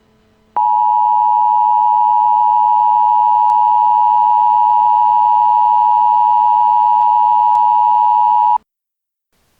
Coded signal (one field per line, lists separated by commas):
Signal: Emergency Alert System (SAME) tones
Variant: 853 and 960 Hz attention tone